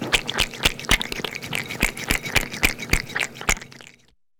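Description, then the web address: Domestic cat lapping liquid: quick, wet clicking laps about three or four per second, fairly regular, stopping shortly before the end. Cat lapping up milk. "cat lapping up milk animal"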